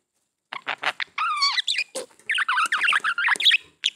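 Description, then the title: Budgerigar warble, dense rapid chattering with wavering squeaky notes and clicks running almost without pause. "Budgie Sounds"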